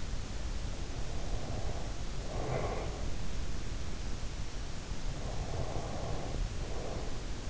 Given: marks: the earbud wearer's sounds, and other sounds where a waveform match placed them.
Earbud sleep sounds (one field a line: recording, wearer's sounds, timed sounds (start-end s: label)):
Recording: sounds in sleep by an in-ear microphone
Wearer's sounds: breath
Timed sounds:
0.97-3.27 s: breath
5.05-7.50 s: breath